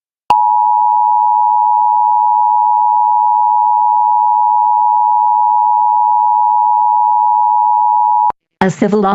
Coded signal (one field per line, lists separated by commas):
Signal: Emergency Alert System (SAME) tones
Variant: 853 and 960 Hz attention tone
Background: speech